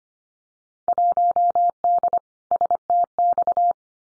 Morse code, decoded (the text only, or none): 1D STX